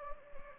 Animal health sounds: mosquito wingbeat signal from an infrared sensor; Anopheles gambiae

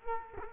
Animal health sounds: mosquito wingbeat signal from an infrared sensor; Culex quinquefasciatus

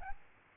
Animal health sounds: mosquito wingbeat signal from an infrared sensor; Aedes albopictus

